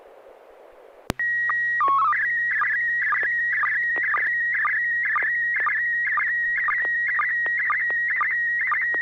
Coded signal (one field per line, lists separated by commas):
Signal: SSTV (slow-scan television)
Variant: PD 120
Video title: N6NA SSTV Net - 04/13/2022 - ISS SSTV Event "Women in Space"